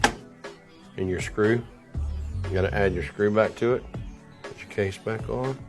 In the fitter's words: and it snaps into place